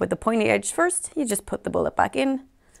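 A metal cartridge-style bullet is being put, pointy end first, back into its metal grip on a bullet belt while someone talks. Nothing has seated or clicked yet; the clip ends just before the bullet goes home.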